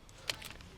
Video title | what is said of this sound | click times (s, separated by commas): Installing LR2 Wiper Blades With Aftermarket Design - Atlantic British Presents | You can hear a nice solid click when it's in. You know your tab is in. | 0.3 s